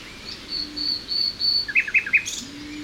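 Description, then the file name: Common nightingale phrase of drawn-out high whistled notes, followed by a quick trio of sharp chirps, with a low hum underneath. "Luscinia megarhynchos"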